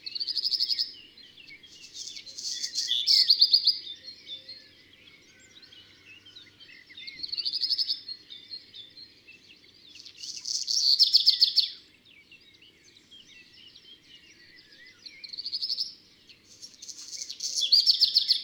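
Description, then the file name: Black redstart song: short phrases of high notes followed by harsh crackling rattles, repeated several times, with faint bird twitters between. "Rougequeue noir"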